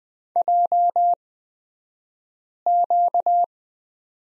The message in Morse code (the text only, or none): JQ